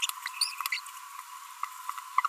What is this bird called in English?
Green-rumped Parrotlet